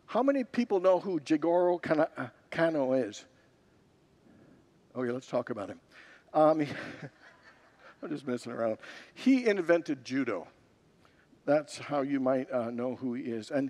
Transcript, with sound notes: How many people know who Kanō Jigorō is? Okay; let’s talk about him. [Congregants laugh] I’m just messing around. He invented judo. That’s how you might know who he is.